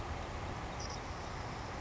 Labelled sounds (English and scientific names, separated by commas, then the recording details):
Savannah Sparrow (Passerculus sandwichensis)
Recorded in Sonoma County, California